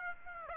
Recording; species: mosquito wingbeat signal from an infrared sensor; Aedes aegypti